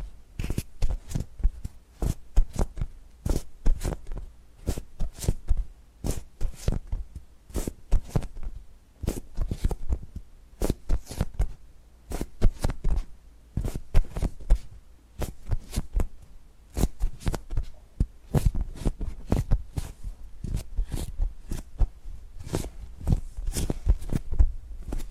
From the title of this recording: Tapping and Gripping Sounds